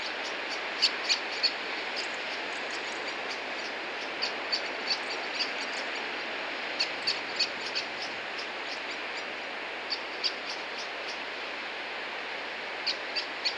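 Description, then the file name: Common blackbird sharp ticking notes repeated irregularly in loose series throughout, over a steady rushing noise. "Turdus merula"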